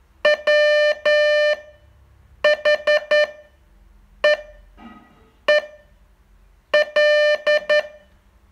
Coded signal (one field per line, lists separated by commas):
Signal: Morse code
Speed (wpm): 10 wpm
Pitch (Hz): 600 Hz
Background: none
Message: WHEEL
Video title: Learn Morse in 42 Days from VU2LAU - day 38 test2